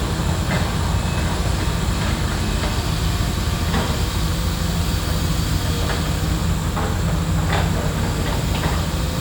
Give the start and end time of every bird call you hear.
[0.50, 0.60] bird call (1.4-2.5 kHz)

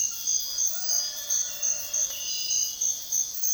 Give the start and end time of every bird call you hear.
[0.74, 2.23] bird call (0.3-1.9 kHz)

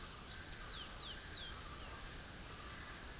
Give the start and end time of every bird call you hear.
[0.00, 1.56] bird call (2.3-6.5 kHz)

